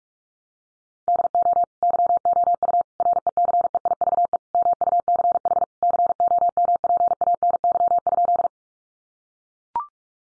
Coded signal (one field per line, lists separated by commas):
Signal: Morse code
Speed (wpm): 44 wpm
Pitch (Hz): 700 Hz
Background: none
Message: DO YOU RECEIVE MUCH COMPANY?